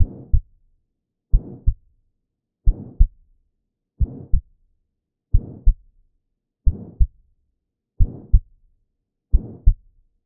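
Adult heart heard through a stethoscope: slow, fairly regular beats at about 45 per minute. A low-pitched murmur fills the gap between the first and second heart sounds in systole, consistent with aortic stenosis.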